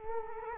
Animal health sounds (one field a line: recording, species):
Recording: mosquito wingbeat signal from an infrared sensor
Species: Culex quinquefasciatus